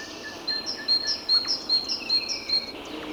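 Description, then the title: Tit singing a bright, clear two-note phrase, a higher note alternating with a lower one, repeated steadily several times over a soft hiss. "Ярмышко Л. - Аудиоэнциклопедия. Ñèíè÷êà-ãàè÷êà, ñèíè÷êà-ìîñêîâêà, áîëüøàÿ ñèíèöà"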